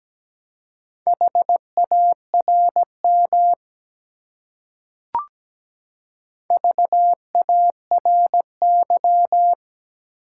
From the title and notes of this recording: Four Letter Words - 17wpm. First, the word is sent in Morse code.